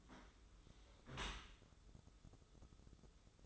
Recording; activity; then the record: daily activity, microphone in the room; close dishwasher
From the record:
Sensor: 3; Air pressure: 995.8 hPa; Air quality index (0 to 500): 97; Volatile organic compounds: 14 ppm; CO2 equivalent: 2433 ppm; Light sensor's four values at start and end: 29/87/37/32 and 29/87/37/32